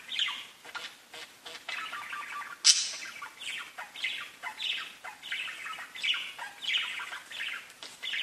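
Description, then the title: Budgerigar chatter of rapid scratchy chirps, with one sharp high squeak early on. "Budgie Sounds"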